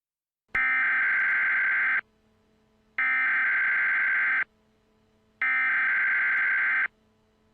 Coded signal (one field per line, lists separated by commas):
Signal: Emergency Alert System (SAME) tones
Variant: header bursts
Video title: EAS Scenario #21: Creeper Invasion 2